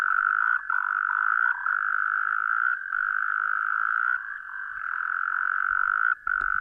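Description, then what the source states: Frog trill, a continuous buzzy drone with brief breaks and a few faint clicks near the end. Recorded 17 January 2015.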